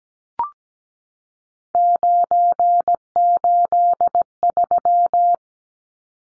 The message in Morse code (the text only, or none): 983